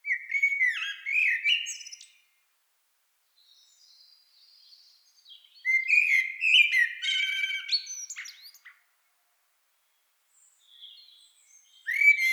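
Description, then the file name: Common blackbird song, phrases of fluty whistles ending in high squeaky twittering, separated by pauses with faint soft notes; a new phrase begins at the end. "Turdus merula"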